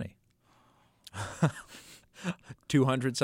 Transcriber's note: laughter